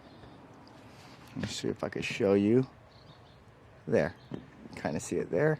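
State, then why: Not seated. The top piece of a two-piece plastic mount from an ARB differential breather kit is being slid onto its bottom piece behind the tail light of a 3rd Gen Toyota Tacoma. Someone talks in short bursts over a quiet background, with faint handling between phrases. Nothing has seated or clicked yet.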